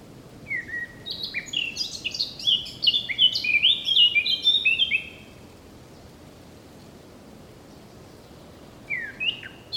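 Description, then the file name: Eurasian blackcap song: a busy scratchy warble building into rich whistled notes for several seconds, then quiet, with another phrase starting just before the end. "Sylvia atricapilla"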